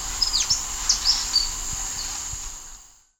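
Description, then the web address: Golden-tailed sapphire giving thin, high squeaky chips and short slurred twitters in a quick burst. A steady high insect whine runs underneath throughout. Ecuador. "Birds of Ecuador. Golden-tailed Sapphire"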